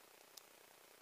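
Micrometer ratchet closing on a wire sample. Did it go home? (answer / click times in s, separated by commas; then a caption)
yes / 0.4 s. A micrometer is closed on a wire by turning the fine ratchet bezel at the end of the thimble until it clicks once at 0.4 s, a short sharp high-pitched tick over a steady background hiss. The click shows the anvils are just touching the wire without squashing it, so the ratchet has reached its setting.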